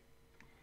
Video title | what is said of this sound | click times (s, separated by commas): Bestop Sunrider Top install on my 2022 Jeep Gladiator Mojave - Best Mod yet!!! | pop up to lock into place it | 0.4 s